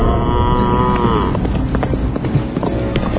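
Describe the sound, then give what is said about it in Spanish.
A fierce bull with iron shoes on its hooves, let loose at night, lets out a long, loud, low bellow that fades after about a second, followed by a busy clatter of hoofbeats and scuffling thumps as it runs furiously through cobbled streets, striking sparks. “Entonces don Lucho montó en un gran caballo y, seguido de alguno de sus mayordomos, salió en persecución del toro que corría furioso por las calles, sacando chispas del empedrado, al mismo tiempo que gritaba: ¡Por Dios, conténgame en esta yegua mora!”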